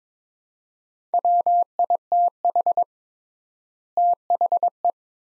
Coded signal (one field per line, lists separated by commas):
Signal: Morse code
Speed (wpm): 22 wpm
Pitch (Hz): 700 Hz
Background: none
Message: WITH THE